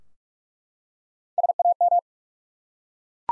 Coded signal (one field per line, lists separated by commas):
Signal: Morse code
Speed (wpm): 46 wpm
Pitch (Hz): 700 Hz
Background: none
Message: SAM